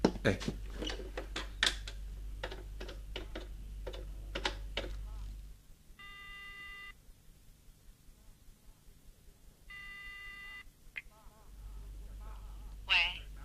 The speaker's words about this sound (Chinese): 这样吧，我打个电话回去问问。 你家里不是没人吗？ 我妈刚从外地回来。 好吧，打。